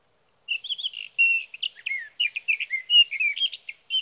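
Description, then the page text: Sage thrasher singing a fast jumbled run of sweet whistled and slurred notes, phrases tumbling together with barely a pause. Male singing through three nights near his night roost, evening June 12 to morning June 15, 2018, Sierra Valley, California; recorded with a Swift recorder. "61. Sage thrasher songs, through the night."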